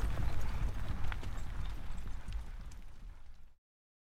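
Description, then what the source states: Horse hoofbeats, several horses trotting with a low rumble that fades and cuts to silence after about three and a half seconds. Horses trot up and then stop.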